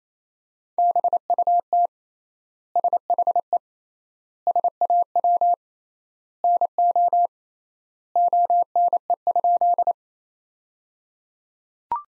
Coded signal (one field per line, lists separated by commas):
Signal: Morse code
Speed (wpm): 28 wpm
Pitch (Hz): 700 Hz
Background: none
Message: BUT SHE SAW NO ONE?